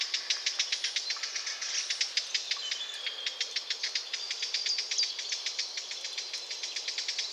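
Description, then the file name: Eurasian blackcap call: sharp dry clicks repeated several times a second in a steady run, with faint high whistles behind. "Sylvia atricapilla"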